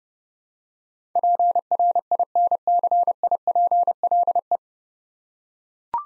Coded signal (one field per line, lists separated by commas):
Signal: Morse code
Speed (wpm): 28 wpm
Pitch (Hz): 700 Hz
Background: none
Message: PRINCIPLE